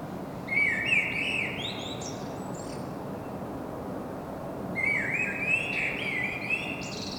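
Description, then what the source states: Common blackbird song, fluty rising phrases ending in squeaky high flourishes, two phrases about four seconds apart over low background hum. Singing in Saint-Gilles, Belgium; recorded with a Sony PCM-M10 internal microphone.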